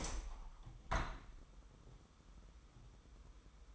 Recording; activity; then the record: daily activity, microphone in the room; open window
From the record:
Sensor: 1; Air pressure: 1000.0 hPa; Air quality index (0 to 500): 237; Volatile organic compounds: 107 ppm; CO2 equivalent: 3802 ppm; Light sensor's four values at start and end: 10/25/10/11 and 11/27/11/12